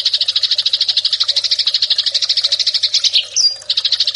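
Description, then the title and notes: Eurasian tree sparrow chattering rapidly in a run of sharp chirps broken by one brief high squeak near the end, with a faint steady hum. Fighting call, made as a master track for training birds. "MASTER GEREJA TARUNG 1. burung gereja"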